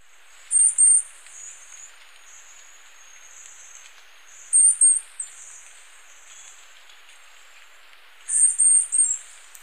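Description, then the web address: White-tailed tyrannulet giving very high, thin call notes in tight clusters of two or three, repeated roughly every four seconds, with fainter high notes between and light background hiss. Ecuador. "Birds of Ecuador White-tailed Tyrannulet"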